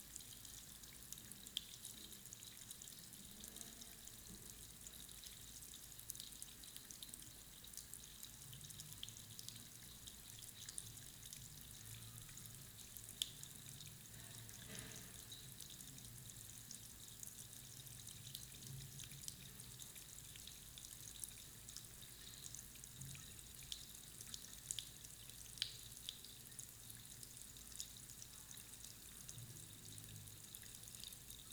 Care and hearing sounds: daily activity, guitar pickup as the sensor; wash hands

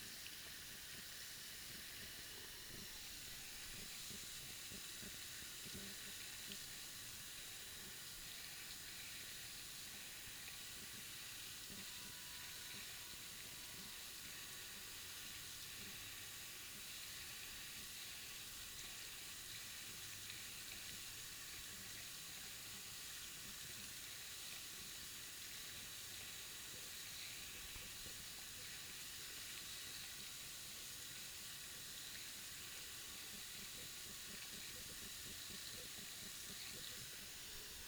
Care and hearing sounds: daily activity, guitar pickup as the sensor; wash hands

